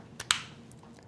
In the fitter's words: So, there's a click.